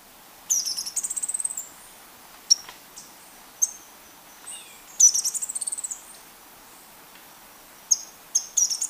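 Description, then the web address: Handsome Flycatcher calling in short bursts of rapid, very high twittering notes, separated by single sharp chips, repeated several times over quiet background. Recorded in Ecuador. "Birds of Ecuador. Handsome Flycatcher"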